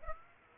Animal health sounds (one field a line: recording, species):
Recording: mosquito wingbeat signal from an infrared sensor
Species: Aedes aegypti